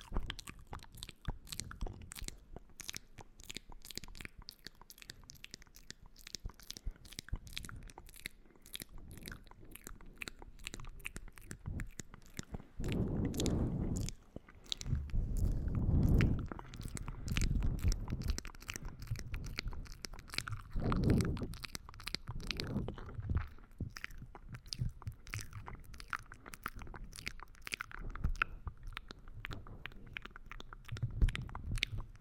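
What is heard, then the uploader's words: Mouth sounds of chewing and biting, with dense, rapid clicks and wet crunches running through the whole recording. Low, muffled swells rise around the middle, near 13 to 17 seconds and again near 21 seconds, over a quiet background. Mouth Sounds X 2.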